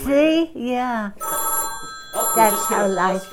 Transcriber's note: a telephone rings in the background